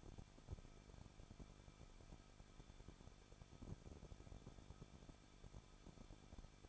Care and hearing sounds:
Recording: daily activity, microphone in the room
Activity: no activity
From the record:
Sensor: 5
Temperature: 20.8 degrees Celsius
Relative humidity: 38.6%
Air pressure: 1006.5 hPa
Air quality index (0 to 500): 192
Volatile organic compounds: 21 ppm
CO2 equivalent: 2709 ppm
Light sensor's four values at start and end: 2/3/1/1 and 2/3/1/1

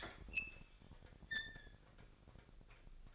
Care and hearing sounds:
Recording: daily activity, microphone in the room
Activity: open fridge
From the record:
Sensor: 5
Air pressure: 1002.0 hPa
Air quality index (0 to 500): 210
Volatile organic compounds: 21 ppm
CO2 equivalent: 2735 ppm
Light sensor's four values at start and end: 10/23/9/10 and 11/25/10/12

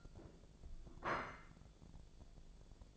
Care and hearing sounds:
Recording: daily activity, microphone in the room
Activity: place plate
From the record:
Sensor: 5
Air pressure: 1000.3 hPa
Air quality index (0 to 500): 121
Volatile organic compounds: 1 ppm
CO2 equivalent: 963 ppm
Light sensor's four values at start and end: 97/230/98/107 and 97/230/98/106

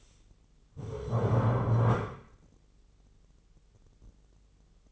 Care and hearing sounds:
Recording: daily activity, microphone in the room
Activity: stand up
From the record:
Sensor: 4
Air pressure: 996.8 hPa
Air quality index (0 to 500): 241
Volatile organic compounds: 349 ppm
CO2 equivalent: 4581 ppm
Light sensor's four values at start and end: 46/112/46/46 and 46/112/46/46

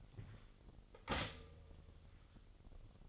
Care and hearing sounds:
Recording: daily activity, microphone in the room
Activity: stop toaster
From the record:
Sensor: 4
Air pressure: 1002.9 hPa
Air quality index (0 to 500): 242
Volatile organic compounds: 18 ppm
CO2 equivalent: 2629 ppm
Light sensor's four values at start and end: 22/76/28/28 and 18/60/22/21

